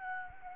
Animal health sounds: mosquito wingbeat signal from an infrared sensor; Anopheles arabiensis

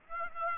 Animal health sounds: mosquito wingbeat signal from an infrared sensor; Aedes aegypti

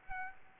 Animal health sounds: mosquito wingbeat signal from an infrared sensor; Aedes aegypti

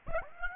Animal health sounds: mosquito wingbeat signal from an infrared sensor; Aedes aegypti

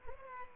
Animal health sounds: mosquito wingbeat signal from an infrared sensor; Culex pipiens

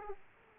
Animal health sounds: mosquito wingbeat signal from an infrared sensor; Aedes aegypti

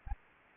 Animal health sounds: mosquito wingbeat signal from an infrared sensor; Anopheles arabiensis

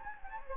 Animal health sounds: mosquito wingbeat signal from an infrared sensor; Anopheles gambiae

